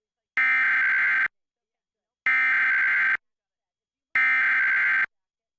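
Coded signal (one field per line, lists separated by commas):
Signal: Emergency Alert System (SAME) tones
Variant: header bursts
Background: speech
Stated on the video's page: Arizona Law Enforcement Warning alert of the Emergency Alert System, caught on television subchannels.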